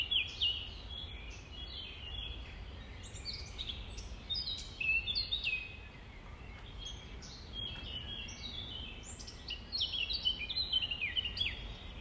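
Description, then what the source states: Nightingale song, repeated bursts of varied piping and chattering notes separated by short pauses. Recorded at dawn on 5 May 2020, around 05:33.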